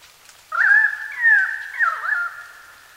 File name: piedcurrawong